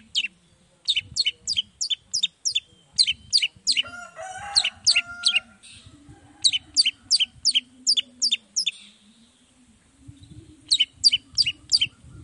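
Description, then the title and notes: Long-tailed shrike delivering fast bursts of sharp repeated notes with a brief buzzy phrase, over a low rumbling background. Singing actively in the morning, with a varied repertoire including 'toet toet' notes; played to provoke other long-tailed shrikes into responding. "Cendet Gacor Dor Di Kala Pagi Toet Toet Variasi Suara. Cendet Gacor Langsung Nyaut Emosi Hanya dengan Sekali Putar Bikin Cendet Lainya Cepat Respon Bunyi. Burung cendet"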